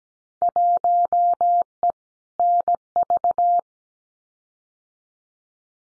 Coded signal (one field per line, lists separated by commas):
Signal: Morse code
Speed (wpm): 17 wpm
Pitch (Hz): 700 Hz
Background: none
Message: 1E NV